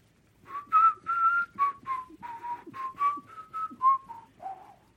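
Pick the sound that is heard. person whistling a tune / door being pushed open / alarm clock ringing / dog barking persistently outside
person whistling a tune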